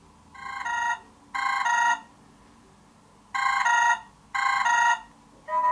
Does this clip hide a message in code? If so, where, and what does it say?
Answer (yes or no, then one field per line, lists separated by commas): no